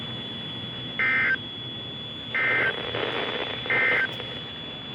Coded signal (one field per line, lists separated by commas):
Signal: Emergency Alert System (SAME) tones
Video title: WZ2523, WWG26, KZZ48 And KIH44 Tests!!! (EAS#53-57)